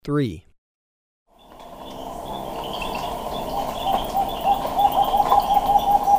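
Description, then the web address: Rufescent screech-owl giving soft, evenly spaced, quick hoots in the second half, after a brief descending sweep; steady insect hum behind. Recorded in Ecuador. "Birds of Ecuador. Rufescent Screech-Owl"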